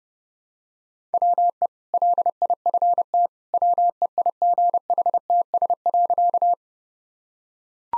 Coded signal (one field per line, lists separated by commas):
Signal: Morse code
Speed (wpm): 31 wpm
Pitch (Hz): 700 Hz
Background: none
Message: WE LIFT WEIGHTS.